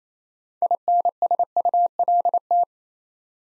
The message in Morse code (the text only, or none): INSULT